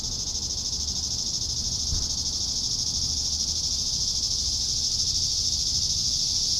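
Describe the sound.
Cicadas drone in a shrill, even buzz that never pauses, with a soft low rumble behind it.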